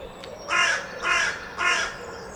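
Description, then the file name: Carrion crow calling three hoarse, evenly spaced caws after a brief quiet start. "Corvus corone"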